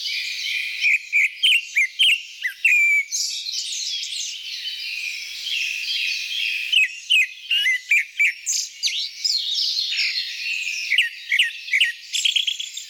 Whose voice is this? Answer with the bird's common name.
Grey-backed Thrush